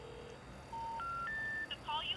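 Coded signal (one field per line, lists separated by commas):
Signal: telephone call progress tone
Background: speech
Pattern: special information tone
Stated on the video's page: Tones from a still-functioning pay phone.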